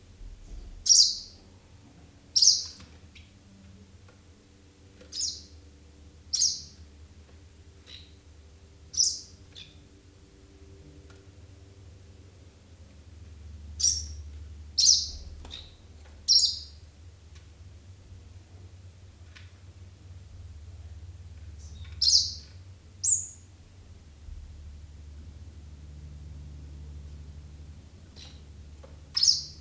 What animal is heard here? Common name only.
Greenish Warbler